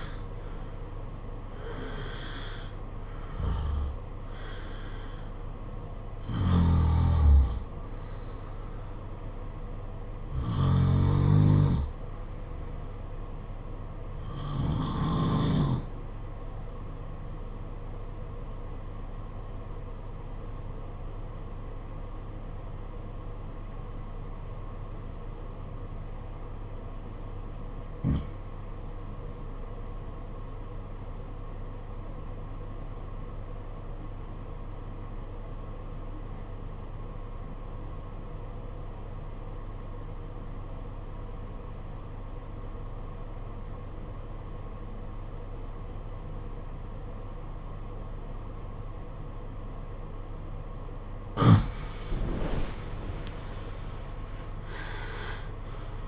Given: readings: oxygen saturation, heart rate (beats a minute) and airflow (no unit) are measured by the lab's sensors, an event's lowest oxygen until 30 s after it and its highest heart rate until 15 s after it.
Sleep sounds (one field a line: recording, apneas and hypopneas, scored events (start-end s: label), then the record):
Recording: breathing in sleep by a smartphone at the bedside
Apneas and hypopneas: 1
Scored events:
18.00-52.10 s: obstructive apnea (REM, oxygen 96% highest, then 78% lowest, heart rate 51 at the start, 83 highest)
From the record:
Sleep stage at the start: REM sleep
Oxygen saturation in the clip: 76 to 96%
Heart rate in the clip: 48 to 78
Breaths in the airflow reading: 7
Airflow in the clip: -14.5 to 17.9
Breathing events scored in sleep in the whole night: 476 in 9.7 hours asleep